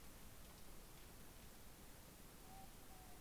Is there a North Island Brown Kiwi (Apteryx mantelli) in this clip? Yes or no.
no